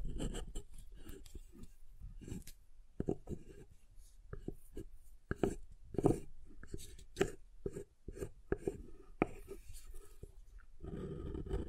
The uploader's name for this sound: SoftHard Soap Tapping and Carving